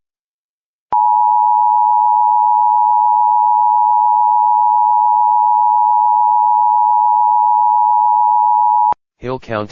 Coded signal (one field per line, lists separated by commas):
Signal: Emergency Alert System (SAME) tones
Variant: 853 and 960 Hz attention tone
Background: speech